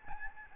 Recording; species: mosquito wingbeat signal from an infrared sensor; Aedes albopictus